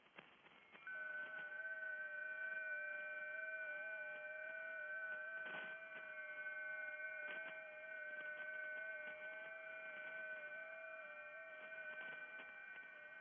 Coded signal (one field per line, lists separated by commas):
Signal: FT8